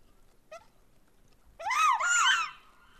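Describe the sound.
Gelada call: one short faint note, then a loud, harsh, wavering call that rises and falls for about a second before fading.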